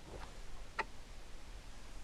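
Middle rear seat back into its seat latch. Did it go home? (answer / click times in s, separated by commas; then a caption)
no / none. The middle rear seat back of a 2020 Audi Q3 40 TFSI quattro S line is handled after being released with the button next to it, moving toward its seat latch. A faint tick comes near 0.2 seconds and a sharp, short tick at 0.8 seconds over low background noise. The seat back has not yet latched into place.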